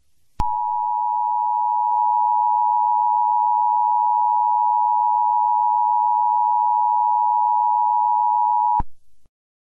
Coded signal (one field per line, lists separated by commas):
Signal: Emergency Alert System (SAME) tones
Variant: 853 and 960 Hz attention tone